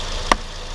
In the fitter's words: hear that click there? That's to say it's closed properly, it's locked now.